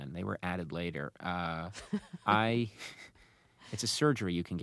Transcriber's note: laughter